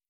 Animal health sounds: hydrophone in a shrimp aquaculture tank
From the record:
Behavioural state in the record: stressed

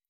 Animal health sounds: hydrophone in a shrimp aquaculture tank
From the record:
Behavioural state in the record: weakened

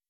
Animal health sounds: hydrophone in a shrimp aquaculture tank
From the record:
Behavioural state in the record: weakened

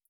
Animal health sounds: hydrophone in a shrimp aquaculture tank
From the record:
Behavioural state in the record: feeding

